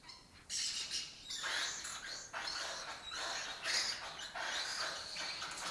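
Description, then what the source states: Lesser kestrel rasping calls pour out almost continuously in harsh, scratchy bursts. Breeding colony occupying an abandoned building (house complex) in Doñana, southern Europe; migratory raptor that forages in West Africa.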